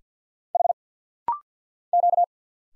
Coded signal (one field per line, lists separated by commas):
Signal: Morse code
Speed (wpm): 51 wpm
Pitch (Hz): 700 Hz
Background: none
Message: H Q